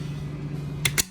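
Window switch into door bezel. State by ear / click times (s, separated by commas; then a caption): seated / 0.9 s. A modified window switch is pressed into a plastic door bezel and clicks right in at 0.9 s, seated so it looks factory. A second sharp broadband snap follows at about 1.0 s, over a steady low hum throughout.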